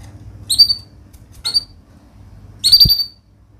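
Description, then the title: Canary giving three short bursts of high chirping notes, with a low hum underneath. Vigorous singing canary (gacor) praised for the best cengkok phrasing and rich isian fill-in notes; Indonesian songbird-keeping (kicaumania) context. "Kenari Gacor Cengkok Terbaik Isian Paling Mewah Kenarigacor Kicaumania Kenari"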